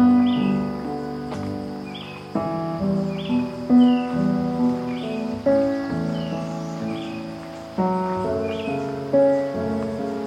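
On a Florida trail, a bird gives short, bright chirps about once a second, each a quick sliding note. Beneath them runs a loud, low, steady hum of layered tones that shifts pitch in small steps every two seconds or so.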